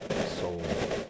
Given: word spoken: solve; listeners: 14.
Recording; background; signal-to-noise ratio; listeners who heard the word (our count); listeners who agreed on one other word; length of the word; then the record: one English word in noise, from a listening test; noise modulated by three-talker babble; -4.8 dB; 2 of 14; 6 of 14; 0.70 s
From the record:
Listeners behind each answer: 6, 2, 2, 2, 1, 1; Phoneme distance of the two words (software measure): 17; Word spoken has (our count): 1 syllable, 4 phonemes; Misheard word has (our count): 1 syllable, 3 phonemes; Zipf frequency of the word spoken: 4.30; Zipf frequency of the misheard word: 4.53